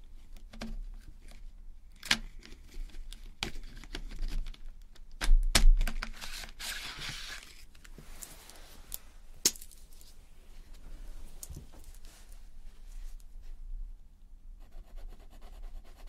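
Colouring pencil sounds: a soft, scratchy rustle of pencil on paper that comes and goes in short strokes. Sharp taps and clicks punctuate it, notably near 2, 5–6 and 9.5 seconds, with a faint low hum underneath throughout.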